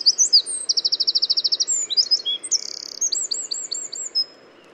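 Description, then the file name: Eurasian wren song: a fast, loud, high-pitched outpouring of sharp notes, a rapid rattling trill, then bright warbled phrases and quick repeated chips. "Troglodytes troglodytes"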